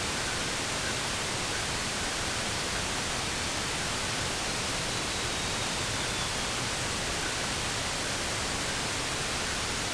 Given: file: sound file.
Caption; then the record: 100 m propagated song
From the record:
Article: Singing in the Rain Forest: How a Tropical Bird Song Transfers Information